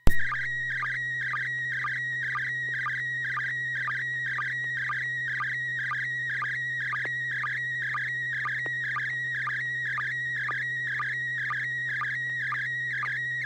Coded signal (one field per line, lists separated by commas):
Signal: SSTV (slow-scan television)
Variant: PD 120